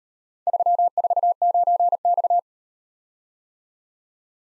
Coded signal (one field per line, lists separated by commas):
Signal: Morse code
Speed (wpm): 37 wpm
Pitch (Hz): 700 Hz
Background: none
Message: 349X